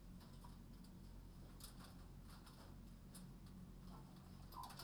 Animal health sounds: poultry house recording; healthy chickens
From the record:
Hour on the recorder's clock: 21

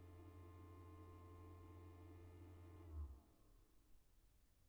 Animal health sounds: poultry house recording; no chicken sound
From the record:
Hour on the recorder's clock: 16

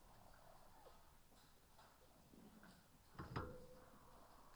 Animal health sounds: poultry house recording; healthy chickens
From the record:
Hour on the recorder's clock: 14

